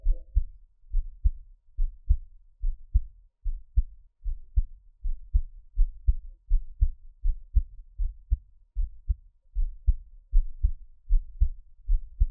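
A steady heartbeat thumps low in paired beats, roughly once per second, with a brief faint tone at the very start.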